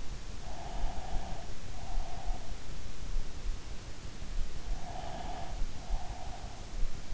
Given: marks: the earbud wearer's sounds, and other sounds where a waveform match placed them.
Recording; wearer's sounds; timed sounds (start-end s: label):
sounds in sleep by an in-ear microphone; breath
0.56-2.76 s: breath
4.75-6.95 s: breath